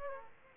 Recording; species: mosquito wingbeat signal from an infrared sensor; Aedes aegypti